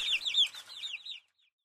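Kookaburra call, a brief run of cackling notes that trails off after about a second.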